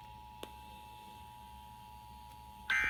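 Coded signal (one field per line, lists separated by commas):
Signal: Emergency Alert System (SAME) tones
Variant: 853 and 960 Hz attention tone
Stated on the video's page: Pennsylvania Required Monthly Test received on FM broadcast radio stations.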